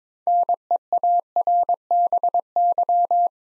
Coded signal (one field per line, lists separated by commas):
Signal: Morse code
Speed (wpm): 21 wpm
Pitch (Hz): 700 Hz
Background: none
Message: NEARBY